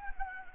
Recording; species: mosquito wingbeat signal from an infrared sensor; Anopheles gambiae